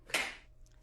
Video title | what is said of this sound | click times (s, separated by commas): BUNN MCU Single Cup Multi Use Home Coffee Brewer | insert it into the drawer guides until you hear it click | 0.1 s